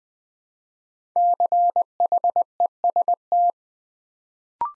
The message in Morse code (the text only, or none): CHEST